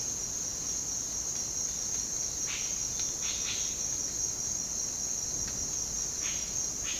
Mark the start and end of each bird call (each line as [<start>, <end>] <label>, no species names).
[2.52, 3.67] bird call
[6.20, 6.99] bird call